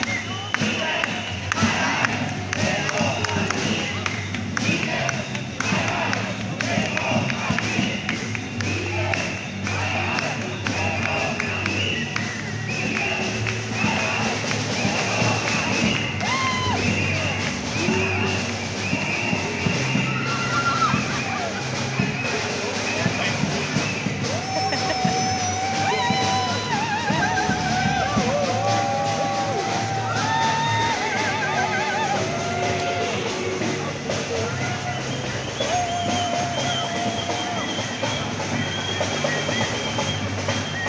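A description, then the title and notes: A protest crowd in Berlin fills the scene with a steady, dense wash of many voices talking and calling at once, with no pauses. Higher shouts and whistle-like calls rise above the murmur, especially through the middle and later parts, over a low background rumble. Germans protest in Berlin Germany.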